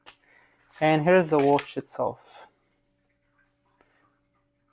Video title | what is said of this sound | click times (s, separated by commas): Zoprovo CS254 Smart Watch, a Virmee Tempo VT3 Upgrade? Best Budget Smart Watch with Microphone. | it's magnetic so it's it latches now if it doesn't latch you're just putting it in the wrong direction and you have to flip it around | 0.1 s